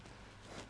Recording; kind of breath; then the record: one breath in and out by a microphone near the nose and mouth; strong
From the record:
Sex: male